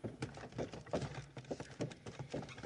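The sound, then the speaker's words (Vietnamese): Hooves of an ox pulling a cart carrying a Zen master's gilded body toward a temple in the city clip-clop in a steady, unhurried rhythm, each hollow knock ringing clearly over a soft rumbling undertone, with no voices. “Xe bò kéo kim thân của khổ trúc thiền sư đi về phía đại hương thiền tử ở trong thành.”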